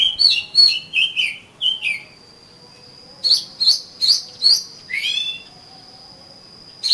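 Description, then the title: Oriental magpie-robin song: a run of whistled notes, then several sharp chips and a final sweeping note, with a steady high tone behind. "Kacer Kacer"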